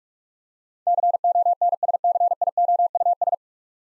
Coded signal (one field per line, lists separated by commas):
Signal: Morse code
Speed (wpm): 44 wpm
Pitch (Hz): 700 Hz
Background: none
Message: CONSCIOUS